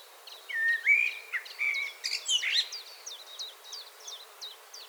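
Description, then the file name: Common blackbird song: a low, mellow warbled whistle phrase ending in squeaky twitters, with another bird's thin notes repeated steadily behind. "Turdus merula"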